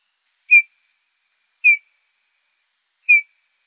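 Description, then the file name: Eurasian bullfinch giving three mellow, short, downslurred whistles, roughly a second apart. "Nikolay Mazepa - Golosa ptic Snegir Penie"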